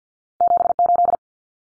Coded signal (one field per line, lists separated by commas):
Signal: Morse code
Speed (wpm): 50 wpm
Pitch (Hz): 700 Hz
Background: none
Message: 78